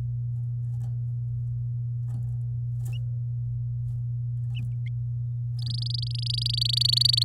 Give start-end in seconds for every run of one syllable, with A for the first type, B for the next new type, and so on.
5.59-7.23 A